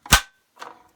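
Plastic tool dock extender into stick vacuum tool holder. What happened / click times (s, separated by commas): The plastic clip snapped into its holder / 0.1 s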